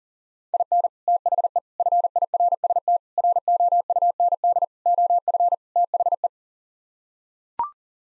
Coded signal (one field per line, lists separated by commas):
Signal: Morse code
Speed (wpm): 40 wpm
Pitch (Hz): 700 Hz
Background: none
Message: IN THE FIRST ROUND OF THE